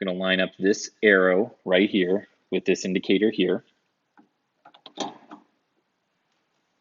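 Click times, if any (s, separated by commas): none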